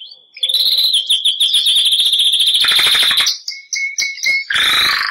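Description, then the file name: Canary (Bernois): canary song: a sustained rapid rolling trill held for nearly three seconds, followed by short whistled notes and a harsh buzzy burst. Bernois breed canary, singing. "canto do canario bernois"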